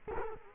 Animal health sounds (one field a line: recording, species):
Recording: mosquito wingbeat signal from an infrared sensor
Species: Culex quinquefasciatus